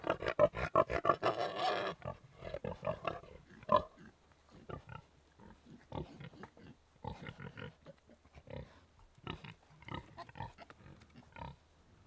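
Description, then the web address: Pigs giving harsh, irregular grunts and snorts, busy at first and then sparser, with short gaps between bursts. "The BBC Sound Effects Library. 3 Pigs Grunting 2"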